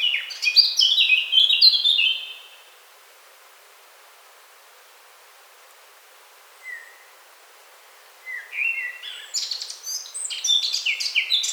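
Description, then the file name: Eurasian blackcap song: a rich warbled phrase, several seconds of quiet with one soft note, then another fast, varied warbling burst. "Sylvia atricapilla"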